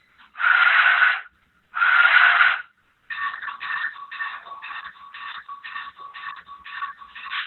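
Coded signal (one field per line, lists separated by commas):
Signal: train horn signal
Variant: steam locomotive whistle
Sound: two long breathy steam whistle blasts, then steady steam chuffing as the locomotive starts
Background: steam locomotive chuffing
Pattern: 2 long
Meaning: Two long blasts signal the train is starting to move forward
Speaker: So when you're starting to move forward, you're going to do 2 long blasts.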